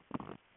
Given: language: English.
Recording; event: throat vibration sensor signal played as sound; swallow